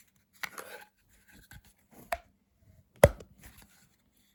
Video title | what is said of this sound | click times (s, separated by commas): Morakniv Kansbol vs Victorinox Venture | nice click it holds really well | 3.0 s